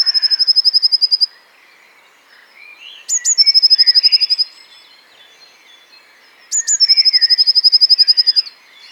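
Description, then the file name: Blue tit song: high sharp introductory notes followed by a fast trill, repeated every few seconds, with scattered lower chirps beneath. "Cyanistes caeruleus"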